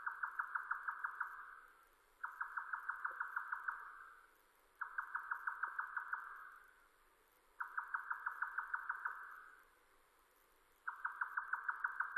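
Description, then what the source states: Grey nightjar song: fast, evenly spaced tapping notes in runs of one to two seconds, separated by short pauses, repeating steadily in a quiet background. Recorded on 7 May 2005.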